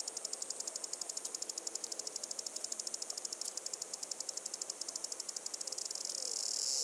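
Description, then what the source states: Cicada call: a steady, very high, rapidly pulsing buzz that swells into a continuous loud whine near the end. Recorded in Arizona.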